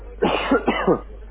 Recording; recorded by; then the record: voluntary cough; telephone call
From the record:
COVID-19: positive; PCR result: checked with the laboratory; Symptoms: no